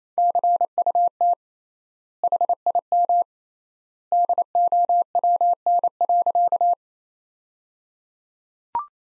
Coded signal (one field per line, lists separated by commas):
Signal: Morse code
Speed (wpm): 28 wpm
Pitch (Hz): 700 Hz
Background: none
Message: CUT HIM DOWN.